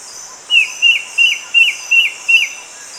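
A bird delivers six similar short whistled notes, each bending downward, at a steady pace over a continuous high insect drone.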